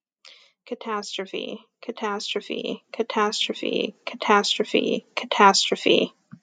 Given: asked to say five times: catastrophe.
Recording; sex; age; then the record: repeated word; female; 40 to 49 years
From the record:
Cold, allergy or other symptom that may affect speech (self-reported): no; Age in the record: 41 years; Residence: Arizona, United States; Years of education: 16